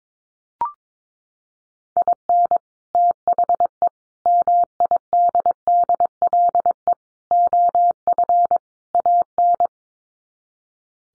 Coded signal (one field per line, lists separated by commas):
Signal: Morse code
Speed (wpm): 22 wpm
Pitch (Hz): 700 Hz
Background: none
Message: IN THE MIDDLE OF AN